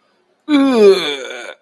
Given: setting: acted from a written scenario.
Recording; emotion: vocal sound without words; disgust